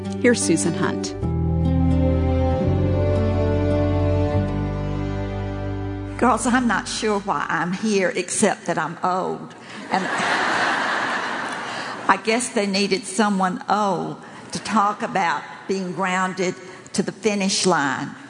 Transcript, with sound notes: Here's Susan Hunt.
Girls, I’m not sure why I’m here, except that I’m old. (laughter) I guess they needed someone old to talk about being grounded to the finish line.